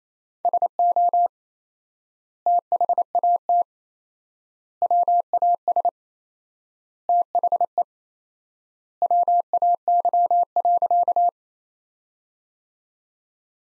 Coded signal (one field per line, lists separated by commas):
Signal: Morse code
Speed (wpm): 27 wpm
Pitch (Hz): 700 Hz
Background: none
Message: SO THAT WAS THE WAY.